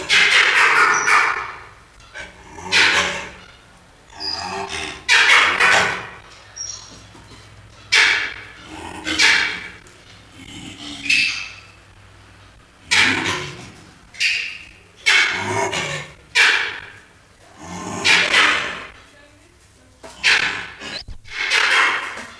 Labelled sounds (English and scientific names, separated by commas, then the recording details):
Malbrouck (Chlorocebus cynosuros) call
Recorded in captivity
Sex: male
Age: adult
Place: Zoo Rostock, Mecklenburg-Vorpommern, DE
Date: 1984-02-03 13:00
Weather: bedeckt, z. T. Regen, 3-5°C
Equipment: Nagra SN, Kopie Uher 4000 Report Monitor
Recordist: Tembrock, Günter